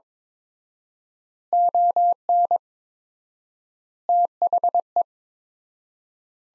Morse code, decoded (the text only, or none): ON THE